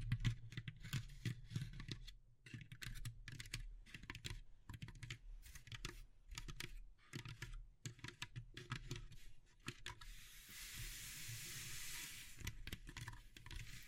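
Wood, bamboo and straw tapped and handled in quick, uneven clicks and knocks, then a steady hissy rustle from about ten seconds on.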